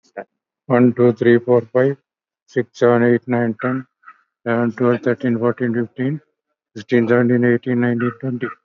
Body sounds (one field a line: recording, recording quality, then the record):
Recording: counting at a fast pace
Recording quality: excellent, no background noise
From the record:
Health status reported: COVID-19 positive, moderate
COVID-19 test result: positive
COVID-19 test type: RT-PCR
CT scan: taken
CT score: 11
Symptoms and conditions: cough, cold, breathing difficulty, sore throat, loss of smell and taste, diarrhoea, hypertension, diabetes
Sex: male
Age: 77 years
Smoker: no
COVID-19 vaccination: both doses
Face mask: worn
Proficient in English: yes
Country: India